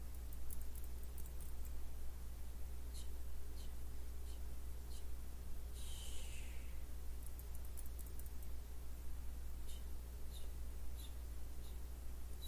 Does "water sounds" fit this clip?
no